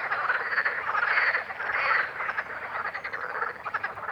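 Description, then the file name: Green frog chorus of rough, buzzing croaks, louder in the first half and then continuing as a steady overlapping rattle. "Grenouille verte"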